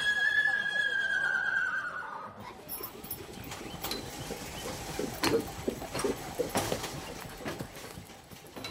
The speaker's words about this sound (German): So, diese Pferde haben jetzt heute hier Trabarbeit. Diese Führmaschine, das ist eine riesengroße Erleichterung für uns in der Arbeit.